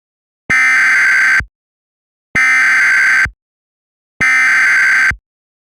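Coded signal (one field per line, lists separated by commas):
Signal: Emergency Alert System (SAME) tones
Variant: header bursts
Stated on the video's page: Fictional, simulated EAS tornado warning recreation.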